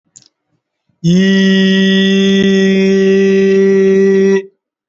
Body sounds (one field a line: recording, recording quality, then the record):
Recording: sustained vowel as in beet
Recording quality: excellent, no background noise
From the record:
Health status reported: healthy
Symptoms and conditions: none ticked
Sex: male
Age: 28 years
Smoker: not ticked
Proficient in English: yes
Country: India